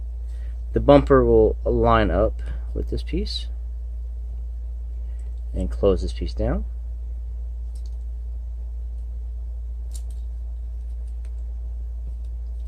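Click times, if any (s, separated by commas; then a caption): none. A hinged panel on a plastic transforming robot toy is handled while the toy is turned into a car, with someone talking at the start. Soft clicks and taps from handling the plastic follow, but the panel has not been pressed shut and nothing has seated or clicked yet.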